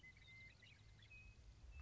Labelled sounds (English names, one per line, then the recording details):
Western Meadowlark
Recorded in Sonoma County, California